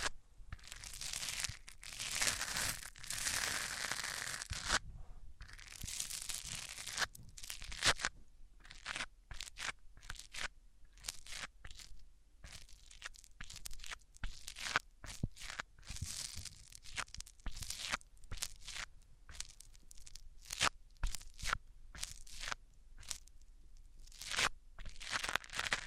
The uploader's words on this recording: ASMR Rubbing Mics On Different Surfaces (No Talking).